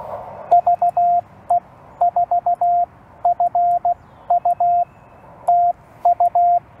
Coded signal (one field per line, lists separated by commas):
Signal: Morse code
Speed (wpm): 16 wpm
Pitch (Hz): 700 Hz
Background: radio noise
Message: VE4FU TU